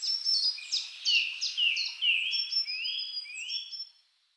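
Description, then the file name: Eurasian blue tit calls: a quick run of high, sharp notes, then several rising slurred sweeps, ending in quiet after about four seconds. "Cyanistes caeruleus"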